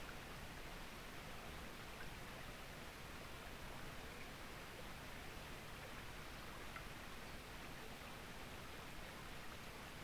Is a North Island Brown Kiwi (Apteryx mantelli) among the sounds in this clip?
no